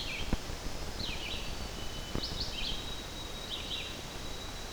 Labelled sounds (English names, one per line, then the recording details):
Red-eyed Vireo song
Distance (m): 45 m
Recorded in boreal forest in Alberta, Canada, on 12 June 2016 at 06:37
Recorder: SongMeter 3, array SBT-3-18
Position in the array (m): 237 m, 101 m